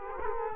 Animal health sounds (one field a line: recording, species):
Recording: mosquito wingbeat signal from an infrared sensor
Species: Culex quinquefasciatus